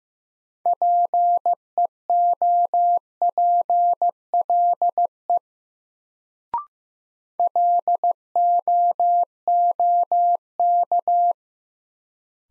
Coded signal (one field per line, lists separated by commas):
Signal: Morse code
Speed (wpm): 15 wpm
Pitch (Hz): 700 Hz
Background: none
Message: PEOPLE LOOK